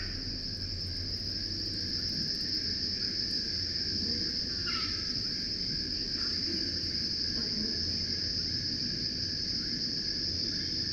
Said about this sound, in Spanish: Son langostas.